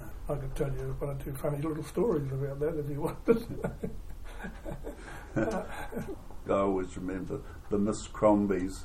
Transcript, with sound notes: I could tell you one or two funny little stories about that if you wanted. [Chuckle] I always remember the Miss Crombies…